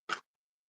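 A plastic lid is pressed onto a printed plastic mermaid holder with a tray and plugs, giving a short, sharp tick at 0.1 s. The lid snaps on and seats tight, and no further sound follows.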